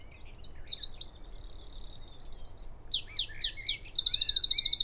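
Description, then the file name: Eurasian wren song, shrill and energetic, mixing quick twitters, a long even trill and a final fast rattle. "Troglodytes troglodytes"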